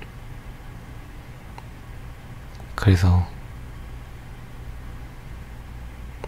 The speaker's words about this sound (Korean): 그리고 빗소리도 들리네.